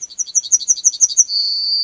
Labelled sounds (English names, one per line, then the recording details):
Yellowhammer song
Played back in forest
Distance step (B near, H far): B
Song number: 125